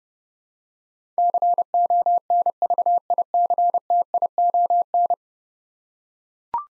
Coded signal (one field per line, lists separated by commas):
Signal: Morse code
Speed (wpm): 31 wpm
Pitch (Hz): 700 Hz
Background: none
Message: CONVICTION